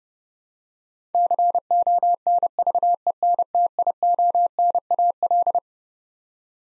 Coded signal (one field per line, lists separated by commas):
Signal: Morse code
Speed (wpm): 30 wpm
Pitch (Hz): 700 Hz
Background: none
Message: CONVENTIONAL